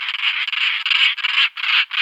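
European roller giving a harsh, grating rasp, almost continuous, broken into short rattling pulses with brief gaps.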